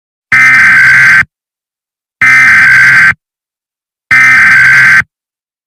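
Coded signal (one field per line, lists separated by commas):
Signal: Emergency Alert System (SAME) tones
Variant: header bursts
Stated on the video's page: Fictional EAS scenario of a Boise earthquake, with sirens.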